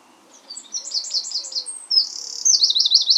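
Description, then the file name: Eurasian wren song, rushed high twittering notes leading into a sustained, fast trill that carries on to the end. "Troglodytes troglodytes"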